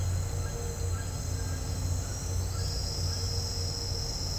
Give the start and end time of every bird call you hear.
0.00s-3.20s: bird call

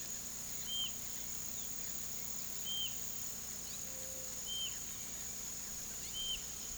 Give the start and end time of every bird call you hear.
0.63s-6.42s: bird call

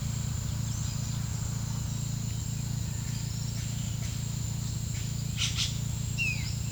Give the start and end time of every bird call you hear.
0.55s-1.08s: bird call
3.07s-3.67s: bird call
5.36s-6.69s: bird call

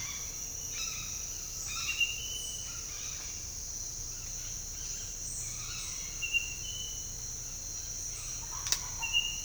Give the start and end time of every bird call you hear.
0.69s-1.25s: bird call
1.51s-2.19s: bird call
2.57s-3.41s: bird call
4.70s-6.17s: bird call
8.35s-9.17s: bird call

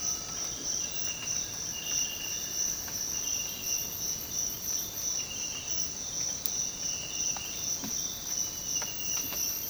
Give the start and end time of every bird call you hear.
7.72s-7.96s: bird call

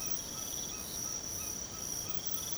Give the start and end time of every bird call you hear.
0.00s-2.58s: bird call

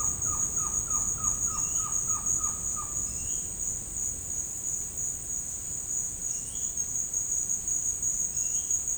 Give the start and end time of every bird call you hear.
0.00s-3.41s: bird call
6.19s-8.69s: bird call

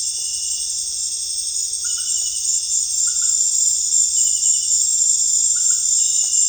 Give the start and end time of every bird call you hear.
0.41s-2.48s: bird call

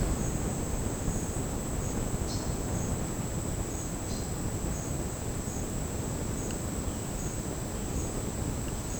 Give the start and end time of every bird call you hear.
2.29s-2.62s: bird call
4.04s-4.32s: bird call

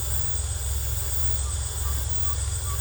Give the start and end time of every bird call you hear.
1.35s-2.81s: bird call

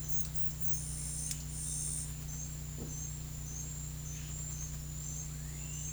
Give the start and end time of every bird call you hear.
5.20s-5.92s: bird call

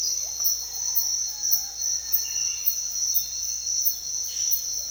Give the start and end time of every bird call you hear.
0.07s-2.73s: bird call

